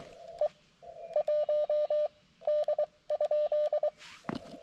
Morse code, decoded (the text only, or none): E 1 D?